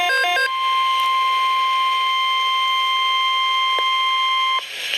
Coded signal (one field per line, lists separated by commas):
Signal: Emergency Alert System (SAME) tones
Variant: 1050 Hz attention tone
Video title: Severe Thunderstorm Watch - 06/29/14 (EAS #747)